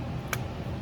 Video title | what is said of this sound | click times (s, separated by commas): How to replace spark plugs on a honda accord | So make sure the electric plugs they click. | 0.3 s